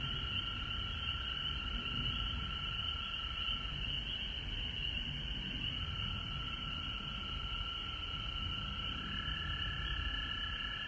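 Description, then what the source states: Many frogs trilling at once, a constant shimmering drone of high and mid tones, with low rumbling noise underneath. Frogs recorded at home in Georgia on March 19, 2020.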